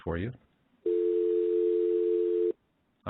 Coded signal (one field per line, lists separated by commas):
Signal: telephone call progress tone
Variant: North America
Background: speech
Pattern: dial tone